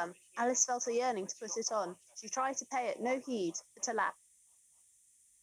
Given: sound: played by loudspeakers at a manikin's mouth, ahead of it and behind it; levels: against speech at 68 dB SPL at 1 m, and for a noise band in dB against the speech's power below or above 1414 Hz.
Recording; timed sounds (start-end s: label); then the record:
test signals for a remote microphone
0.00-4.09 s: woman speaking, babble ahead at +6 dB SNR for speech at 1 m
From the record:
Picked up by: remote microphone C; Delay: 23 ms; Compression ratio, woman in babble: 1.51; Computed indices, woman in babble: HASPI 0.867, HASQI 0.307 (non-linear 0.358, linear 0.857), ESTOI 0.784